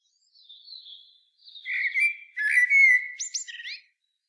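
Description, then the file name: Common blackbird song: quiet high thin notes lead into a sustained fluty, warbling phrase that ends in sharp squeaky high flourishes. "Turdus merula"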